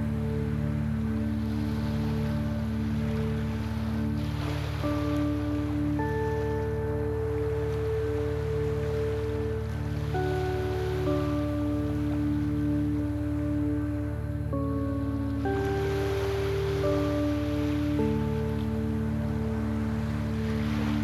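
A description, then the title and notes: Soft chime tones ring out and overlap every second or two above a steady low wash of waves, with gentle surges near five and fifteen seconds. Soft Chimes and Waves.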